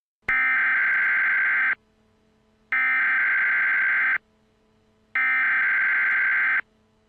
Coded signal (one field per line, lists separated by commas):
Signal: Emergency Alert System (SAME) tones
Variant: header bursts